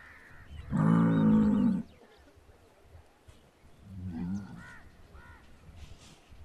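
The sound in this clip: Bull bellowing: one loud, deep, harmonic-rich bellow lasting about a second, then a quieter, shorter bellow, with faint chirps in the background.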